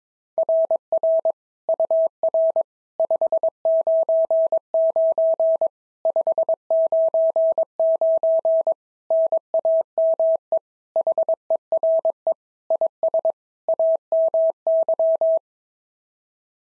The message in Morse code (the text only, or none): RR UR 599 599 NAME HERE IS AMY